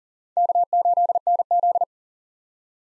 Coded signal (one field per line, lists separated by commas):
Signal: Morse code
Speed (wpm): 41 wpm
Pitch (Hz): 700 Hz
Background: none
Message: K8NZ